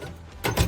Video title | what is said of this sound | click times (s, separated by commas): Hoarding Vintage Coin Operated Machines in My Garage | they click into place so I know I've got those set | 0.5 s